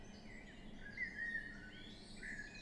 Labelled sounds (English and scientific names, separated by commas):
Common Blackbird (Turdus merula)